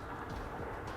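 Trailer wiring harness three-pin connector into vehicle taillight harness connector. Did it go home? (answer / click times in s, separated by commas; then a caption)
no / none. The three-pin plastic connector of a T-connector trailer wiring harness is being handled and slid toward the matching taillight connector on a 2014 Toyota FJ Cruiser. Only a steady, even background noise is heard, with no sharp sounds. Nothing has seated or clicked yet.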